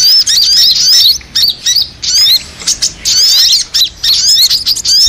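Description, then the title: Little Spiderhunter, loud high-pitched squeaky whistles rising and falling steeply, given in clusters with short pauses. Masteran: a training recording for songbirds. "Masteran Burung Sogok Ontong Labaik"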